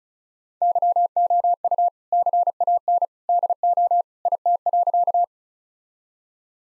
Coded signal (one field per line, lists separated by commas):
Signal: Morse code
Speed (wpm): 34 wpm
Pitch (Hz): 700 Hz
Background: none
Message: YOU CAN DO IT.